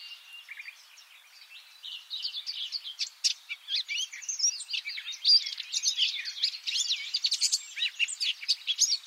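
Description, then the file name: Eurasian blackcap song: a rapid, jumbled warble of high scratchy and whistled notes that starts soft and grows louder and denser, running almost without pause. "Sylvia atricapilla"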